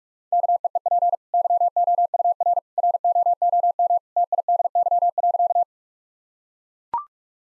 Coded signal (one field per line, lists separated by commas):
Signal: Morse code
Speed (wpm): 42 wpm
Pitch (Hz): 700 Hz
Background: none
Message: KEEP YOUR ROOM TIDY.